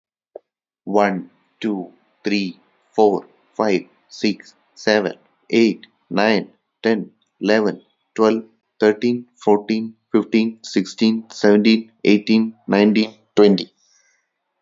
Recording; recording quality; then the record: counting at a normal pace; excellent, no background noise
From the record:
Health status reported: exposed to COVID-19, no respiratory illness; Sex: male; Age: 26 years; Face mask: not worn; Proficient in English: yes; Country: India